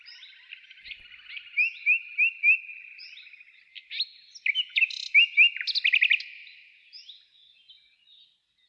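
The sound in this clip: Bird calls: bright high chirps and short rising notes in quick bursts, a run of four clear slurred notes then a faster chattering series, over a quiet background.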